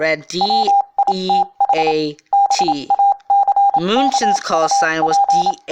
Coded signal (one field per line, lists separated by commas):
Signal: Morse code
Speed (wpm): 27 wpm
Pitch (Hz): 800 Hz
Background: speech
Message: WITH BACKUP